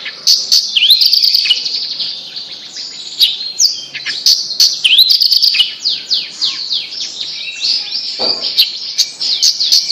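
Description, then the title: Bird song, a long varied stream of high chirps, sweeping whistles and rapid trills, delivered continuously with brief pauses. "Kicau Burung Yoi"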